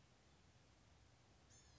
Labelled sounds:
Blue-gray Gnatcatcher (Polioptila caerulea)
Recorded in Sonoma County, California

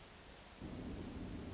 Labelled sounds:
Hermit Thrush (Catharus guttatus)
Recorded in Sonoma County, California

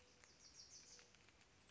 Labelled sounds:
Bewick's Wren (Thryomanes bewickii)
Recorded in Sonoma County, California

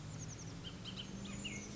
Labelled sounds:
Bullock's Oriole (Icterus bullockii)
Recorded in Sonoma County, California

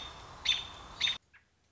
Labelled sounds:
American Robin (Turdus migratorius)
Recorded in Sonoma County, California

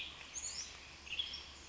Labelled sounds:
Western Tanager (Piranga ludoviciana)
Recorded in Sonoma County, California

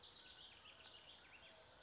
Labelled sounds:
California Towhee (Melozone crissalis)
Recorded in Sonoma County, California

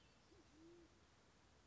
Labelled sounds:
Band-tailed Pigeon (Patagioenas fasciata)
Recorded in Sonoma County, California

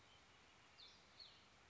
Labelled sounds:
Cassin's Vireo (Vireo cassinii)
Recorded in Sonoma County, California

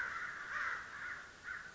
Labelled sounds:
American Crow (Corvus brachyrhynchos)
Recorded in Sonoma County, California

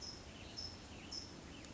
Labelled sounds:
California Towhee (Melozone crissalis)
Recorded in Sonoma County, California

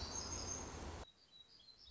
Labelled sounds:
Black-throated Gray Warbler (Setophaga nigrescens)
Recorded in Sonoma County, California

